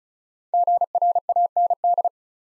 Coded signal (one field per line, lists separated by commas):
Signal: Morse code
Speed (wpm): 36 wpm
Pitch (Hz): 700 Hz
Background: none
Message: GRAND